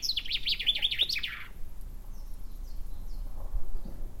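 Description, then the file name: Common chaffinch song: a fast descending trill of sharp notes ending in a brief flourish, followed by quiet with faint bird notes. "Fringilla coelebs"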